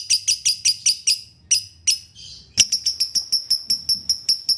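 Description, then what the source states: Lovebird song of sharp high chirps repeated rapidly, broken by a short pause and a brief buzzy note, then a steady run of clipped chirps. Konslet song style, used as a masteran training recording.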